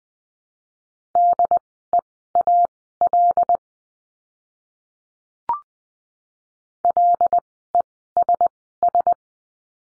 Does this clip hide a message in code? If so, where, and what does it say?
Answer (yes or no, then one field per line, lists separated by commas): yes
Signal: Morse code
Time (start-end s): 1.2-9.1 s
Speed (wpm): 20 wpm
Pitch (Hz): 700 Hz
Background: none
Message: DEAL LESS